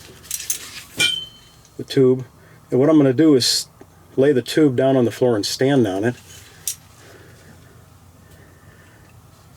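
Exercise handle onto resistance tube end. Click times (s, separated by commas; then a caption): 0.3 s, 0.5 s. An exercise handle is clipped onto the end of a resistance tube, with sharp metallic clicks at 0.3 s and 0.5 s as it snaps in place. Someone then talks, and a loud clink sounds near 6.7 s.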